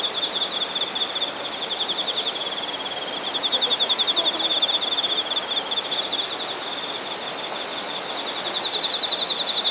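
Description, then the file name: Insect song: continuous high pulsed trilling that rises and falls in loudness over nearly ten seconds, with faint higher trills and a noisy background. Shinagawa, Japan. "shinagawa singing insects"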